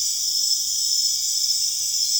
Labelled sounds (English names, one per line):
none